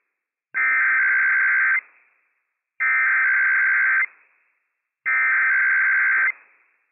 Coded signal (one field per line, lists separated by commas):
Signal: Emergency Alert System (SAME) tones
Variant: header bursts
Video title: IPAWS Required Weekly Test on WWF56 - EAS #272 - 11:01 AM PDT 9/26/22